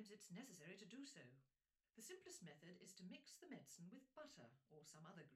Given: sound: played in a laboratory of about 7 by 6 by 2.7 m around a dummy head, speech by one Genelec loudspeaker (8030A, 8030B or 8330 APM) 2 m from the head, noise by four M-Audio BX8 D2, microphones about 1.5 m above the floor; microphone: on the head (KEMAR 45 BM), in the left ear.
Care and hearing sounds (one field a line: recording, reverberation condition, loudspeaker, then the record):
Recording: female speech in English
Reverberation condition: low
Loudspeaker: behind (180 degrees)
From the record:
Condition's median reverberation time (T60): about 310 ms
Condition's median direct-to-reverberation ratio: about 3.5 dB